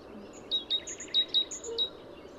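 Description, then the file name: Great tit calls: a few short, sharp high notes in an uneven series, with thinner, higher-pitched chips mixed in against light background hiss. "Parus major"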